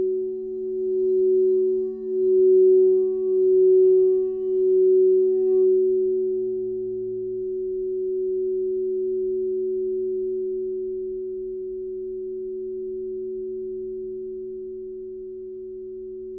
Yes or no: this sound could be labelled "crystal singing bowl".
yes